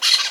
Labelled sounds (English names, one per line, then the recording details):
Brown-throated Parakeet contact call
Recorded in Venezuela
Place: Guárico; Corozopando; Fundo La Fe
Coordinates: 8.506, -67.593